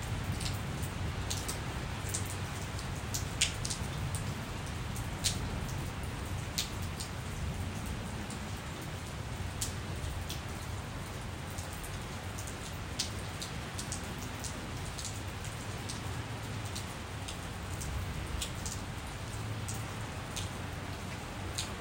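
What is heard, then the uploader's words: Steady rain falls through a rainy evening, a dense hiss over a low rumble, with frequent sharp drip ticks scattered irregularly throughout. Rainy evening in Phoenix, Arizona while cooking dinner. This was one of the biggest storms we've had all monsoon season, at least in central Phoenix.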